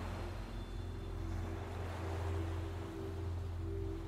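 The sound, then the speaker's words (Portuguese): A steady, continuous wash of ocean surf rolls onto a sandy beach, broad and hissing with little rise and fall, over a low, constant droning hum underneath. “ou apenas se sentar e observar o mar que vem e que vai, que vem e que vai.”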